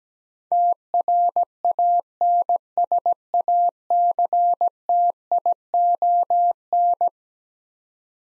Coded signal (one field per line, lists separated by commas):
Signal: Morse code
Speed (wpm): 17 wpm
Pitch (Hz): 700 Hz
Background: none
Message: TRANSACTION